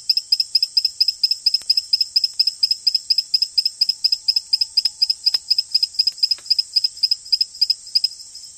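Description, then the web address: Frog giving rapid high chirping notes in pairs, repeated steadily throughout, with a continuous shrill insect drone and a few faint clicks. Recorded in the Ecuadorian Amazon. "Natures Songs. Frogs of Ecuadorian Amazon Epipedobates bilinguis"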